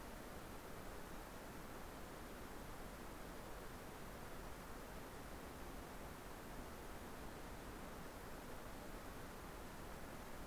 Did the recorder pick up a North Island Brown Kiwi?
no